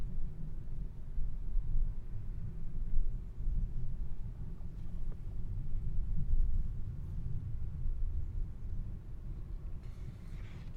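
An outdoor recording from the Manzanita Barren in Montclair, CA, filled with a steady, deep rumble like passing traffic that swells and eases throughout. A faint tick sounds around five seconds, and a brief brighter hiss rises near the end.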